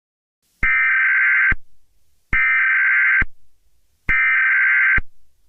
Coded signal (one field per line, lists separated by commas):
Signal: Emergency Alert System (SAME) tones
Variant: header bursts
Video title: Eas scenario Chicago Riots